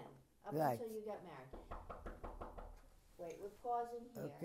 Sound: knocking in background

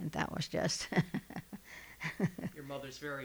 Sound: she laughs

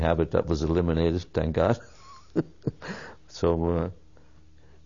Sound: laughs

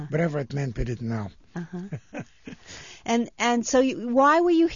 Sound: he laughs

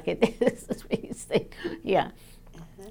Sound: laughs

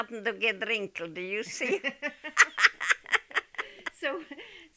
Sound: they laugh

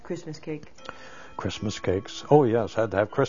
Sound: a clock chimes in the background

